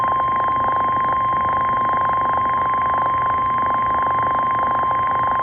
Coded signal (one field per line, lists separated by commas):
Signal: Emergency Alert System (SAME) tones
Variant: 1050 Hz attention tone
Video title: EAS Alerts From Half Of September EAS 32 58